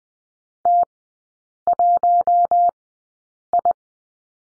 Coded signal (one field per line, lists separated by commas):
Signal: Morse code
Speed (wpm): 20 wpm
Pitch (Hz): 700 Hz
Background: none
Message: T1I